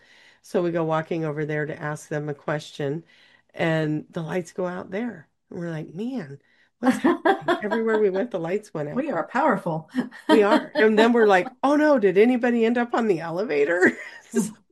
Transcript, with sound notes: And so we go walking over there to ask them a question, and the lights go out there. We're like, "Man, what's happening?"
(laughs)
"Everywhere we went, the lights went out."
We are powerful. (laughs)
We are. And then we're like, "Oh, no, did anybody end up on the elevator?"